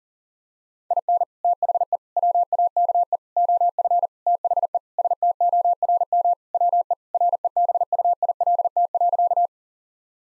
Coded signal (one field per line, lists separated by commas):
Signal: Morse code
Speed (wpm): 40 wpm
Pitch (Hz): 700 Hz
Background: none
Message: IN THE WAKE OF THE STORM WE REBUILT.